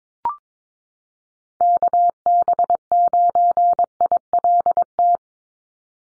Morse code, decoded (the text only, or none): KB9ILT